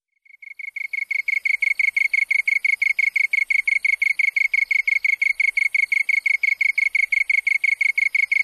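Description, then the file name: Japanese tree cricket song: a clear, even run of rapid short pulses, rising in volume over the first second and then holding steady. Recorded 27 August 1997. "970827 kantan"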